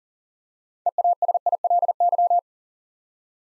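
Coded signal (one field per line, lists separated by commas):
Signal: Morse code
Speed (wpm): 40 wpm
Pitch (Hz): 700 Hz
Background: none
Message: EASILY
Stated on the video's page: Morse practice at 40 wpm: first three letters spoken, then the six-letter word sent, spoken, and sent again.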